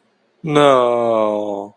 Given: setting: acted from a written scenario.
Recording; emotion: vocal sound without words; disappointment